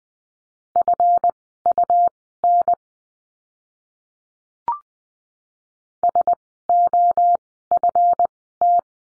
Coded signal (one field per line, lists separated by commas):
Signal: Morse code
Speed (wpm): 20 wpm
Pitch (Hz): 700 Hz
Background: none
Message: FUN SOFT